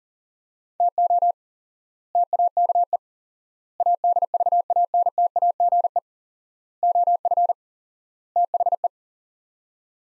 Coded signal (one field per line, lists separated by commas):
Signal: Morse code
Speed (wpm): 40 wpm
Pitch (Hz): 700 Hz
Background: none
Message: TO TAKE ADVANTAGE OF THE